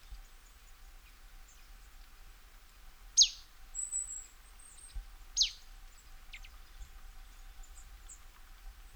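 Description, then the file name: Marsh tit calls: two sharp, high, downward-slurred notes about two seconds apart, with a few faint chips and a thin whistle. "Poecile palustris"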